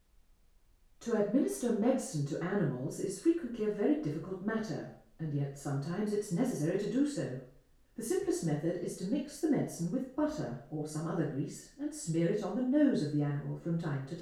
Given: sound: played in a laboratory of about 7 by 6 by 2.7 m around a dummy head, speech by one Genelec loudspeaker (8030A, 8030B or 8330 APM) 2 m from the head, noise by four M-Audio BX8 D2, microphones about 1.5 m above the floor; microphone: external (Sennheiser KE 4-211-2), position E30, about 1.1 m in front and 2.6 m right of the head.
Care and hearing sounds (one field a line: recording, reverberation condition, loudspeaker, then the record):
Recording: female speech in English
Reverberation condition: medium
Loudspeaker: 90 degrees to the right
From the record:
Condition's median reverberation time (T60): about 510 ms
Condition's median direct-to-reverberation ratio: about -0.5 dB